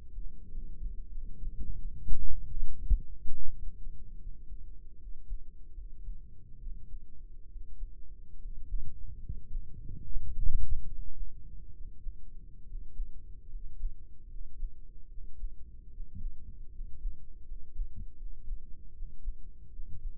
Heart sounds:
heart sounds by microphone in the right ear; 75 bpm
0.49 s: heartbeat
1.10 s: heartbeat
1.73 s: heartbeat
2.48 s: heartbeat
3.32 s: heartbeat
4.17 s: heartbeat
4.96 s: heartbeat
5.72 s: heartbeat
6.58 s: heartbeat
7.46 s: heartbeat
8.37 s: heartbeat
9.18 s: heartbeat
10.02 s: heartbeat
10.84 s: heartbeat
11.71 s: heartbeat
12.64 s: heartbeat
13.48 s: heartbeat
14.27 s: heartbeat
15.07 s: heartbeat
15.88 s: heartbeat
16.69 s: heartbeat
17.44 s: heartbeat
18.15 s: heartbeat
18.91 s: heartbeat
19.70 s: heartbeat
From the record:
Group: healthy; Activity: rest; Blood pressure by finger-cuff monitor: 115/67 mmHg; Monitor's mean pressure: 81 mmHg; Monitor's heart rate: 73 bpm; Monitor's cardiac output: 5.6 L/min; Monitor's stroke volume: 76 mL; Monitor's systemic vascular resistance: 1100 dyn s/cm5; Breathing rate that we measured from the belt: 15 breaths a minute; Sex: male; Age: 20 years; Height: 167 cm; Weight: 61 kg

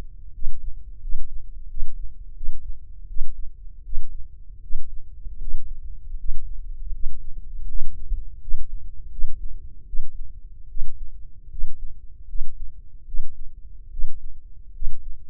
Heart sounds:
heart sounds by microphone in the left ear; 79 bpm
0.32 s: heartbeat
1.00 s: heartbeat
1.68 s: heartbeat
2.34 s: heartbeat
3.07 s: heartbeat
3.83 s: heartbeat
4.61 s: heartbeat
5.39 s: heartbeat
6.17 s: heartbeat
6.91 s: heartbeat
7.67 s: heartbeat
8.39 s: heartbeat
9.09 s: heartbeat
9.85 s: heartbeat
10.67 s: heartbeat
11.49 s: heartbeat
12.26 s: heartbeat
13.05 s: heartbeat
13.90 s: heartbeat
14.72 s: heartbeat
From the record:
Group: healthy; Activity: rest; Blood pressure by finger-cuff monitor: 138/91 mmHg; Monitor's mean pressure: 104 mmHg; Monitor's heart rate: 79 bpm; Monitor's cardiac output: 5.9 L/min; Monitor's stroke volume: 75 mL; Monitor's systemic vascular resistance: 1270 dyn s/cm5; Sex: male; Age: 21 years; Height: 180 cm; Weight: 67.5 kg

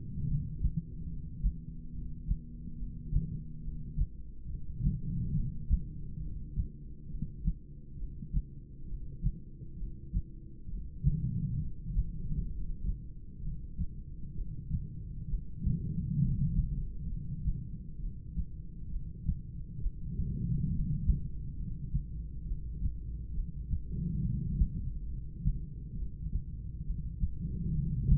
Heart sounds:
heart sounds by stethoscope; 68 bpm
0.29 s: heartbeat
1.10 s: heartbeat
1.96 s: heartbeat
2.80 s: heartbeat
3.65 s: heartbeat
4.51 s: heartbeat
5.37 s: heartbeat
6.23 s: heartbeat
7.12 s: heartbeat
8.00 s: heartbeat
8.90 s: heartbeat
9.80 s: heartbeat
10.71 s: heartbeat
11.62 s: heartbeat
12.52 s: heartbeat
13.44 s: heartbeat
14.37 s: heartbeat
15.30 s: heartbeat
16.22 s: heartbeat
17.11 s: heartbeat
18.03 s: heartbeat
18.93 s: heartbeat
19.83 s: heartbeat
20.72 s: heartbeat
21.59 s: heartbeat
22.49 s: heartbeat
23.37 s: heartbeat
24.24 s: heartbeat
25.10 s: heartbeat
25.99 s: heartbeat
26.86 s: heartbeat
27.75 s: heartbeat
From the record:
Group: heart failure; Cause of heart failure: idiopathic cardiomyopathy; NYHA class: 3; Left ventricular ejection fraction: 21%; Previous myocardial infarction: absent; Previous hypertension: absent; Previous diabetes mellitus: absent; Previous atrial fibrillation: absent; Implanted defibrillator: absent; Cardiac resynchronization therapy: present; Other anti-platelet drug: absent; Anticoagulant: apixaban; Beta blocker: bisoprolol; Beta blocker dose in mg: 5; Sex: male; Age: 59 years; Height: 173 cm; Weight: 70 kg

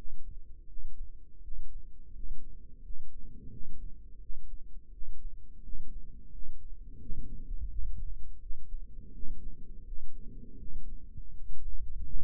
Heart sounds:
heart sounds by microphone in the right ear; 84 bpm
0.66 s: heartbeat
1.40 s: heartbeat
2.12 s: heartbeat
2.81 s: heartbeat
3.49 s: heartbeat
4.18 s: heartbeat
4.90 s: heartbeat
5.61 s: heartbeat
6.30 s: heartbeat
6.98 s: heartbeat
7.67 s: heartbeat
8.39 s: heartbeat
9.11 s: heartbeat
9.84 s: heartbeat
10.56 s: heartbeat
11.30 s: heartbeat
12.02 s: heartbeat
From the record:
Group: healthy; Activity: cold pressor test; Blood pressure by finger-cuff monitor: 127/68 mmHg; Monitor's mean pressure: 84 mmHg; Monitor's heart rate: 85 bpm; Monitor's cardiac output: 8.9 L/min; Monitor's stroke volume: 106 mL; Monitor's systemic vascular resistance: 680 dyn s/cm5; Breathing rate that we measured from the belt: 17 breaths a minute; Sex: male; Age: 24 years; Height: 184 cm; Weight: 89 kg

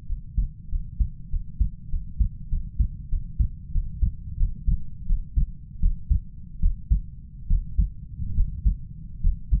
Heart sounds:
heart sounds by stethoscope; 85 bpm
0.05 s: heartbeat
0.68 s: heartbeat
1.28 s: heartbeat
1.88 s: heartbeat
2.47 s: heartbeat
3.08 s: heartbeat
3.70 s: heartbeat
4.36 s: heartbeat
5.05 s: heartbeat
5.79 s: heartbeat
6.59 s: heartbeat
7.46 s: heartbeat
8.34 s: heartbeat
9.20 s: heartbeat
From the record:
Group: healthy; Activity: Valsalva maneuver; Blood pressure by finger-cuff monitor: 114/86 mmHg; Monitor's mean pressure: 95 mmHg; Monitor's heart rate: 93 bpm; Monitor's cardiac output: 6.1 L/min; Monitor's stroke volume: 66 mL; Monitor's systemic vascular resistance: 1020 dyn s/cm5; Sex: male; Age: 20 years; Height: 187 cm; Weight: 68.9 kg

